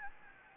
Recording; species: mosquito wingbeat signal from an infrared sensor; Anopheles gambiae